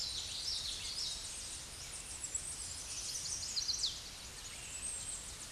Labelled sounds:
Chestnut-sided Warbler (Setophaga pensylvanica) song
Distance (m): 20 m
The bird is about 5 m above the microphone
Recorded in a Pennsylvania forest on 16 May 2024 at 08:25
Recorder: AudioMoth, point MSD-2107
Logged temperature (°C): 16.1 °C
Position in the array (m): 53 m, 138 m

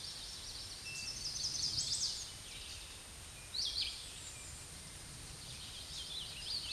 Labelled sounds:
Chestnut-sided Warbler (Setophaga pensylvanica) song
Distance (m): 20 m
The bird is about 5 m below the microphone
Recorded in a Pennsylvania forest on 16 May 2024 at 07:23
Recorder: AudioMoth, point MSD-0665
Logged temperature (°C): 16.1 °C
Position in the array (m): 81 m, 71 m

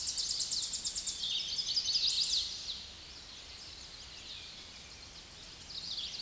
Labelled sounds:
Chestnut-sided Warbler (Setophaga pensylvanica) song
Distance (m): 25 m
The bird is about level with the microphone
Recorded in a Pennsylvania forest on 16 May 2024 at 07:24
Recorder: AudioMoth, point MSD-2417
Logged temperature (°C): 16.4 °C
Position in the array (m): 77 m, 69 m

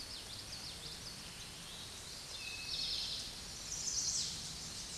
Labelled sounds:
Eastern Towhee (Pipilo erythrophthalmus) song
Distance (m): 40 m
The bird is about 10 m above the microphone
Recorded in a Pennsylvania forest on 16 May 2024 at 06:09
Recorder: AudioMoth, point MSD-0475
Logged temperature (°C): 12.3 °C
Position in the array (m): 109 m, 6 m

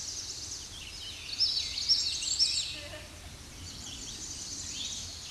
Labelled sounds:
Common Yellowthroat (Geothlypis trichas) song
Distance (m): 15 m
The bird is about level with the microphone
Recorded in a Pennsylvania forest on 16 May 2024 at 06:51
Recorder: AudioMoth, point MSD-1293
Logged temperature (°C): 12.0 °C
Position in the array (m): 55 m, 141 m

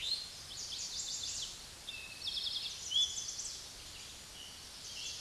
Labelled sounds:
Chestnut-sided Warbler (Setophaga pensylvanica) song
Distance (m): 40 m
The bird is about 10 m above the microphone
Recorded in a Pennsylvania forest on 16 May 2024 at 06:15
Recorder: AudioMoth, point MSD-2376
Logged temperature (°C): 16.7 °C
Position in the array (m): 107 m, 6 m

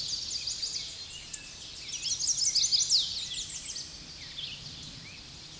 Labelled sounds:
American Redstart (Setophaga ruticilla) song
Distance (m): 60 m
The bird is about 15 m above the microphone
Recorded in a Pennsylvania forest on 16 May 2024 at 06:53
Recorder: AudioMoth, point MSD-1990
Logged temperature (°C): 15.3 °C
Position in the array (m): 118 m, 204 m

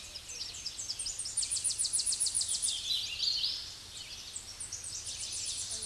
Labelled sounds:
Hooded Warbler (Setophaga citrina) song
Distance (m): 20 m
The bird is about level with the microphone
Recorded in a Pennsylvania forest on 16 May 2024 at 08:18
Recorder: AudioMoth, point MSD-1401
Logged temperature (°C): 16.4 °C
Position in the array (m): 55 m, 173 m

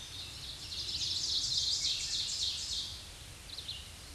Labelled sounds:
Ovenbird (Seiurus aurocapilla) song
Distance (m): 40 m
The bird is about 10 m above the microphone
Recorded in a Pennsylvania forest on 16 May 2024 at 06:53
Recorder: AudioMoth, point MSD-2146
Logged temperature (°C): 16.7 °C
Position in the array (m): 137 m, 8 m

